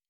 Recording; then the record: hydrophone in a shrimp aquaculture tank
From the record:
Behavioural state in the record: normal